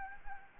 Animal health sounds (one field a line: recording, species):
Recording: mosquito wingbeat signal from an infrared sensor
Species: Anopheles gambiae